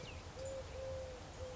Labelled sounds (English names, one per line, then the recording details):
Eurasian Collared Dove
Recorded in Sonoma County, California